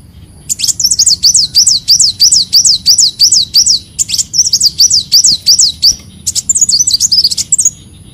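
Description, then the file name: Leafbird song: a long, steady run of high looping whistles, about three per second, ending in a brief twitter. "Tieng chim xanh tim"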